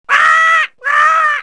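Bird giving two long, harsh, nasal calls, each about half a second, with a short pause between; crow-like and strongly harmonic, no other sounds.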